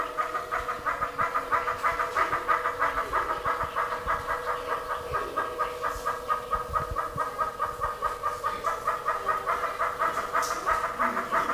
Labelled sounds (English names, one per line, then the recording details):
Fire-tufted Barbet call
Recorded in captivity
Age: adult
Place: Tiergarten Heidelberg, Baden-Württemberg, DE
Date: 2000-09-27 17:43
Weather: bedeckt, 16 - 17°C
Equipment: Nagra SN, Kopie Uher 4000 Report Monitor
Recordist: Tembrock, Günter